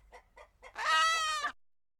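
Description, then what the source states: Chicken giving three soft clucks, then a longer, harsh, drawn-out squawk. Chickens flapping.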